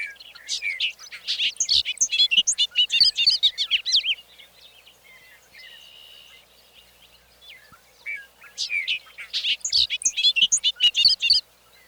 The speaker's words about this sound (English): Across the road, over the open field, a bobolink sings his last song of the evening.